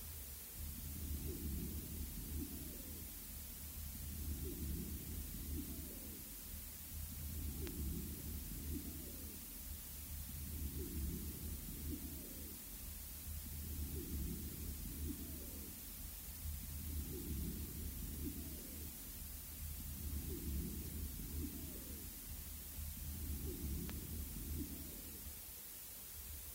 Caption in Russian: Аускультативные проявления стадии немого легкого у больного с тяжелым астматическим статусом. Над участком резко сниженной альвеолярной вентиляции. Все дыхательные шумы определялись значительно слабее.